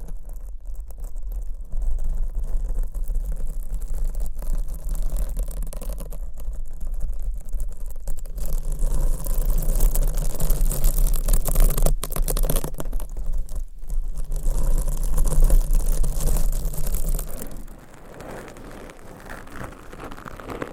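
Binaural mic scratching and rubbing, a dense, steady rasping texture over a constant low hum. The scratching grows brighter and louder from about nine to seventeen seconds, with a few sharp taps or bumps scattered through, then drops back quieter near the end.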